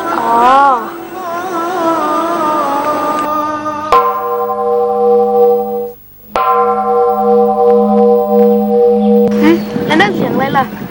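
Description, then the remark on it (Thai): A temple bell is struck twice to call monks to chant prayers, each blow leaving a long, steady, humming resonance that lingers for seconds. Voices are heard briefly at the start and again at the end. “ตีระฆังให้ไปสวดมนต์ทำวัดไงล่ะรู้ไหมทำเพื่ออะไร ฝึกใจให้เป็นคนดีใช่ไหมล่ะ ถูกต้องนะครับ”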